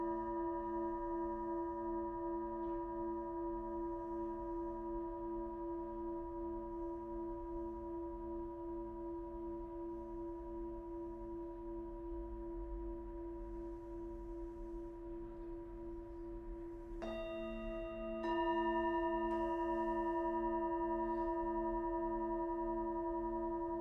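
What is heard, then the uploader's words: A singing bowl hums in a long, steady sound bath, its low tone pulsing gently in a slow, even wobble with bright ringing overtones above. Around seventeen seconds a new strike blooms in, and the ringing grows fuller and louder through the end. Sound Bath #008: Ravina Daswani. Recorded in December 2022, the paint had just dried in her new space and not all of her instruments were there. Each hit from other bowls shaped the sound in such unique ways.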